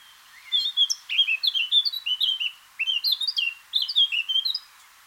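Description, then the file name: Eurasian blackcap song: a rapid, rich warble of clear fluty notes sweeping up and down, delivered in several bursts with short pauses between. "Sylvia atricapilla"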